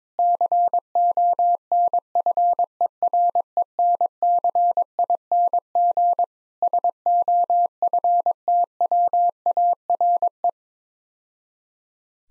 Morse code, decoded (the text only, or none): CONFERENCING SOFTWARE